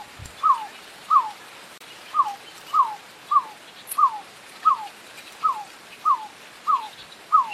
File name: CANTO DA ROLINHA VAQUEIRA